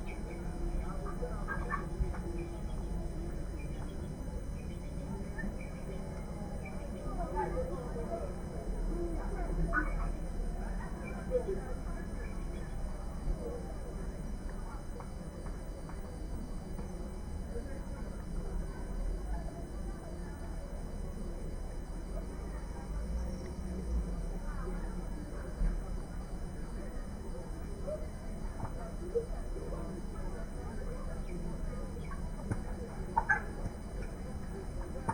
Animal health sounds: poultry house recording; healthy chickens

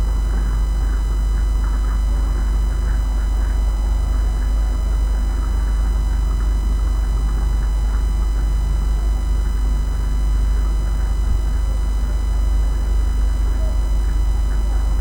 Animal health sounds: poultry house recording; sick chickens (respiratory disease)

